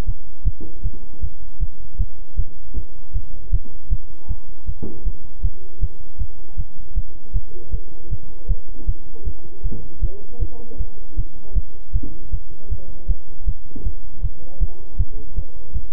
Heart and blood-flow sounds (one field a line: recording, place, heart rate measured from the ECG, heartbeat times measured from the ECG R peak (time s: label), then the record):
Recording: heart sounds by stethoscope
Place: between the tricuspid and mitral areas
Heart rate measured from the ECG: 157 bpm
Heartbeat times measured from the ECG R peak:
0.05 s: heartbeat
0.44 s: heartbeat
0.82 s: heartbeat
1.20 s: heartbeat
1.59 s: heartbeat
1.97 s: heartbeat
2.36 s: heartbeat
2.74 s: heartbeat
3.12 s: heartbeat
3.51 s: heartbeat
3.89 s: heartbeat
4.27 s: heartbeat
4.65 s: heartbeat
5.04 s: heartbeat
5.42 s: heartbeat
5.80 s: heartbeat
6.18 s: heartbeat
6.56 s: heartbeat
6.94 s: heartbeat
7.32 s: heartbeat
7.71 s: heartbeat
8.09 s: heartbeat
8.47 s: heartbeat
8.85 s: heartbeat
9.24 s: heartbeat
9.62 s: heartbeat
10.00 s: heartbeat
10.39 s: heartbeat
10.77 s: heartbeat
11.15 s: heartbeat
11.54 s: heartbeat
11.92 s: heartbeat
12.30 s: heartbeat
12.69 s: heartbeat
13.07 s: heartbeat
13.45 s: heartbeat
13.83 s: heartbeat
14.21 s: heartbeat
14.59 s: heartbeat
14.97 s: heartbeat
15.35 s: heartbeat
15.73 s: heartbeat
From the record:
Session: bicycle stress test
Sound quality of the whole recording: good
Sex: male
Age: 26 years